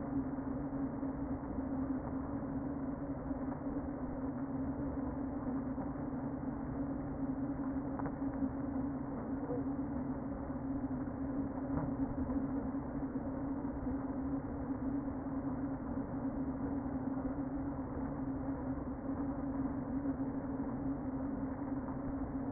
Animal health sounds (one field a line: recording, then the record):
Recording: honeybee colony, microphone inside the hive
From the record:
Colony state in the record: queen present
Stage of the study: before two queens were removed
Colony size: about 60,000 bees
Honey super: yes